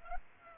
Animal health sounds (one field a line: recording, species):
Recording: mosquito wingbeat signal from an infrared sensor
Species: Culex pipiens